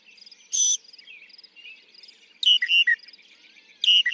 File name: Northern Mockingbird